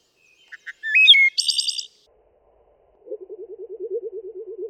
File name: Wood Thrush